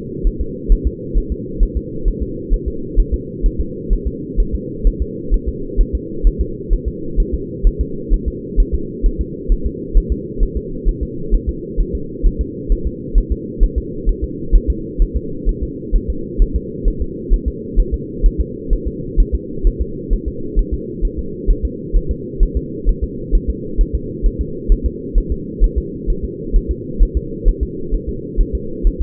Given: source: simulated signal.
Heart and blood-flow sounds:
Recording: fetal heart sounds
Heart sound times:
0.27 s: S1
0.41 s: S2
0.72 s: S1
0.87 s: S2
1.18 s: S1
1.32 s: S2
1.63 s: S1
1.77 s: S2
2.08 s: S1
2.22 s: S2
2.54 s: S1
2.68 s: S2
3.00 s: S1
3.14 s: S2
3.46 s: S1
3.61 s: S2
3.93 s: S1
4.08 s: S2
4.40 s: S1
4.55 s: S2
4.87 s: S1
5.02 s: S2
5.34 s: S1
5.49 s: S2
5.81 s: S1
5.95 s: S2
6.27 s: S1
6.41 s: S2
6.73 s: S1
6.88 s: S2
7.20 s: S1
7.34 s: S2
7.67 s: S1
7.81 s: S2
8.14 s: S1
8.28 s: S2
8.60 s: S1
8.75 s: S2
9.06 s: S1
9.21 s: S2
9.52 s: S1
9.66 s: S2
9.97 s: S1
10.12 s: S2
10.43 s: S1
10.57 s: S2
10.89 s: S1
11.03 s: S2
11.34 s: S1
11.49 s: S2
11.81 s: S1
11.95 s: S2
12.27 s: S1
12.41 s: S2
12.72 s: S1
12.87 s: S2
13.18 s: S1
13.32 s: S2
13.63 s: S1
13.78 s: S2
14.09 s: S1
14.24 s: S2
14.56 s: S1
14.70 s: S2
15.02 s: S1
15.17 s: S2
15.49 s: S1
15.63 s: S2
15.96 s: S1
16.10 s: S2
16.42 s: S1
16.56 s: S2
16.88 s: S1
17.02 s: S2
17.34 s: S1
17.48 s: S2
17.80 s: S1
17.94 s: S2
18.26 s: S1
18.41 s: S2
18.73 s: S1
18.88 s: S2
19.20 s: S1
19.35 s: S2
19.67 s: S1
19.81 s: S2
20.13 s: S1
20.28 s: S2
20.59 s: S1
20.74 s: S2
21.05 s: S1
21.19 s: S2
21.50 s: S1
21.65 s: S2
21.97 s: S1
22.11 s: S2
22.43 s: S1
22.57 s: S2
22.89 s: S1
23.04 s: S2
23.35 s: S1
23.50 s: S2
23.81 s: S1
23.95 s: S2
24.26 s: S1
24.41 s: S2
24.72 s: S1
24.86 s: S2
25.18 s: S1
25.32 s: S2
25.64 s: S1
25.78 s: S2
26.10 s: S1
26.25 s: S2
26.56 s: S1
26.71 s: S2
27.03 s: S1
27.17 s: S2
27.49 s: S1
27.63 s: S2
27.94 s: S1
28.09 s: S2
28.41 s: S1
28.55 s: S2
28.87 s: S1
29.02 s: S2
From the record:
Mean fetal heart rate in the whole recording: 130 bpm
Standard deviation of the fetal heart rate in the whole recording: 2 bpm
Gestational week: 38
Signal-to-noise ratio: -4.3 dB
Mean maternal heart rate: 72 bpm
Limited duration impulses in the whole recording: absent

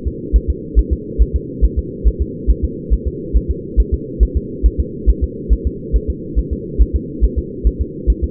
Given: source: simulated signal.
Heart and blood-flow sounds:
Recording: fetal heart sounds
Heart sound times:
0.08 s: S2
0.36 s: S1
0.50 s: S2
0.79 s: S1
0.93 s: S2
1.22 s: S1
1.36 s: S2
1.65 s: S1
1.79 s: S2
2.08 s: S1
2.22 s: S2
2.51 s: S1
2.65 s: S2
2.93 s: S1
3.08 s: S2
3.37 s: S1
3.51 s: S2
3.80 s: S1
3.94 s: S2
4.23 s: S1
4.37 s: S2
4.66 s: S1
4.80 s: S2
5.09 s: S1
5.24 s: S2
5.53 s: S1
5.67 s: S2
5.96 s: S1
6.10 s: S2
6.39 s: S1
6.53 s: S2
6.82 s: S1
6.96 s: S2
7.24 s: S1
7.39 s: S2
7.67 s: S1
7.81 s: S2
8.10 s: S1
8.24 s: S2
From the record:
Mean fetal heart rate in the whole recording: 140 bpm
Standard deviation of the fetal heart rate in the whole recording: 2 bpm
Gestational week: 34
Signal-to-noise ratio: -4.1 dB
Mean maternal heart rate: no maternal heart sound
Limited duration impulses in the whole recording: absent

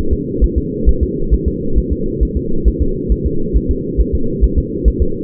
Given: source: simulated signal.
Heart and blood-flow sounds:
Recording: fetal heart sounds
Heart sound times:
0.13 s: S2
0.44 s: S1
0.58 s: S2
0.89 s: S1
1.03 s: S2
1.34 s: S1
1.48 s: S2
1.78 s: S1
1.92 s: S2
2.23 s: S1
2.37 s: S2
2.68 s: S1
2.82 s: S2
3.12 s: S1
3.26 s: S2
3.57 s: S1
3.71 s: S2
4.01 s: S1
4.15 s: S2
4.44 s: S1
4.58 s: S2
4.88 s: S1
5.02 s: S2
From the record:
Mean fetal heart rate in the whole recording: 135 bpm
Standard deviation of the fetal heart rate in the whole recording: 3 bpm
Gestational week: 34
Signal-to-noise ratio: -8.1 dB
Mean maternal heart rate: 72 bpm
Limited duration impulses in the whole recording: absent

